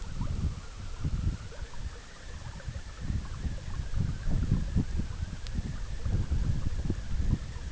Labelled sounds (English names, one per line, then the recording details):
none
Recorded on Arctic tundra, site EABA-MC, on 20 June 2019
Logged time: 14:00